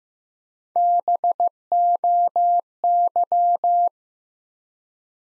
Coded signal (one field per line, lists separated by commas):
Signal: Morse code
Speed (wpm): 15 wpm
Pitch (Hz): 700 Hz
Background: none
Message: BOY